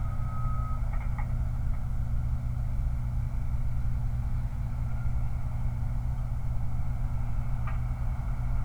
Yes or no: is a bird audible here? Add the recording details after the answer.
no. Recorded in the Prudhoe Bay oil fields, Alaska, on 29 July 2019. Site 29